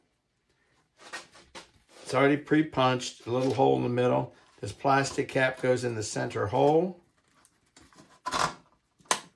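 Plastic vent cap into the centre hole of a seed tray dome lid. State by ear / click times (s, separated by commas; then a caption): seated / 9.1 s. A small plastic vent cap is pushed into the pre-punched centre hole of a plastic seed-tray dome lid while someone talks. A few light handling sounds follow, and then a sharp snap at 9.1 s marks the cap seating in the lid.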